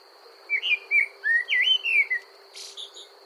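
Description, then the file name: Common blackbird singing a short phrase of rich, mellow fluted notes rising and falling, followed by a brief high scratchy twitter; faint steady hum in the background. "Amsel Gesang"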